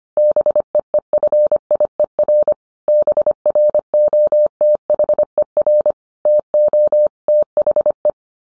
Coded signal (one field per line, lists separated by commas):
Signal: Morse code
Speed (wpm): 25 wpm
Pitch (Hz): 600 Hz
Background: none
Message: BEEFIER BROTHER TO THE